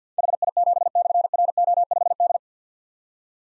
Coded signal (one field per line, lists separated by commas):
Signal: Morse code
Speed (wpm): 52 wpm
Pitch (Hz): 700 Hz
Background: none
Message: HI7/RO5D